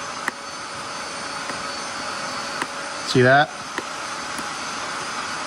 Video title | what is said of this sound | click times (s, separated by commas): Jeep Grand Cherokee Cluster Removal & Bulb Replacement (99-04 WJ) | and then it'll rotate just a bit it's not a full 90 degrees you'll hear and feel it click watch it | 0.3 s, 2.6 s